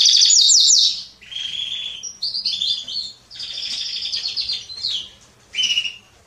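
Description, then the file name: Canary song, a quick bright trill, then separate warbled phrases and chirps broken by short pauses. "Canary Voice"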